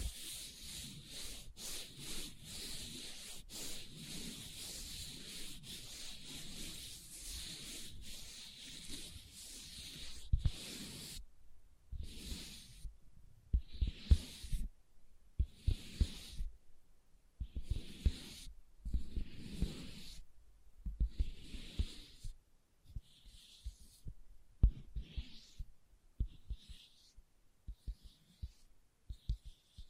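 Leather being scratched and tapped, starting with about ten seconds of continuous dense rubbing and scraping. After that the sound breaks into separate short scratches with brief silences between them, roughly one every second or two, some carrying a dull low thump.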